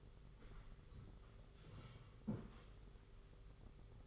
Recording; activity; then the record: daily activity, microphone in the room; sit down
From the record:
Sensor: 4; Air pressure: 991.4 hPa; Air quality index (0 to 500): 139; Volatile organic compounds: 59 ppm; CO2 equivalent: 3404 ppm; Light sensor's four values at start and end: 23/76/28/29 and 23/76/28/29